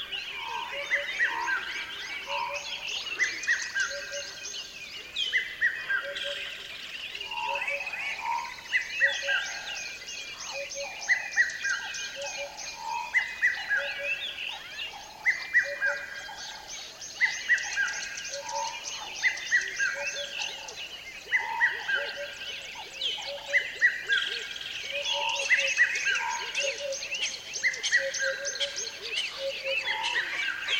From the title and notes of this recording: Dawn chorus in an almost dry riverbed on the border between South Africa and Botswana. This is one of the most lush and diverse soundscapes I've experienced featuring a multitude of bird species.